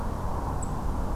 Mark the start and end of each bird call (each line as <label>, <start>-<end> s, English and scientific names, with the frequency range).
Song Thrush (Turdus philomelos) (7.4-10.1 kHz), 0.61-0.64 s